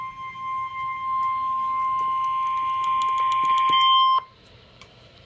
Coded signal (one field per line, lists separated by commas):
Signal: Emergency Alert System (SAME) tones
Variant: 1050 Hz attention tone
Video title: Flash Flood Watch - EAS #454